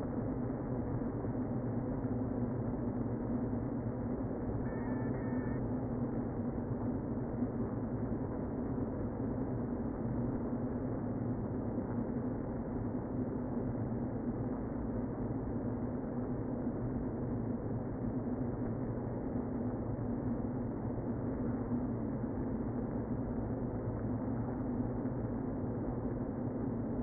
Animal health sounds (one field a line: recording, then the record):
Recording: honeybee colony, microphone inside the hive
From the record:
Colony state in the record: queen present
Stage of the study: before two queens were removed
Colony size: about 60,000 bees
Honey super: yes